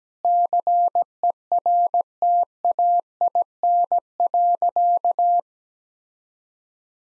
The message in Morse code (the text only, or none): CERTAIN.